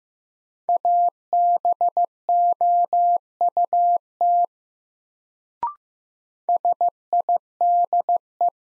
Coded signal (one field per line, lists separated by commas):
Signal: Morse code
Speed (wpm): 16 wpm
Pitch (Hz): 700 Hz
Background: none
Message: ABOUT SIDE